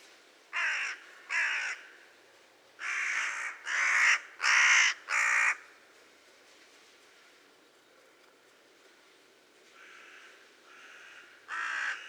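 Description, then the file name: Carrion crow cawing: harsh, hoarse caws in bursts, two short ones, then four longer ones in quick succession, two faint caws later, and one more near the end. "Corvus corone"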